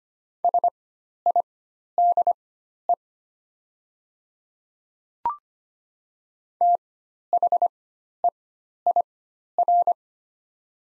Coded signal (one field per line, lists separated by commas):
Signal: Morse code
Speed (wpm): 25 wpm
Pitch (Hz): 700 Hz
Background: none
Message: SIDE THEIR